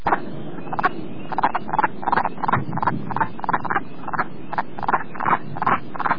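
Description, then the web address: Wood frog chorus of rapid, duck-like clucking croaks, roughly two or three per second, several frogs overlapping irregularly over a low background rumble. "adoptapond audio woodfrog"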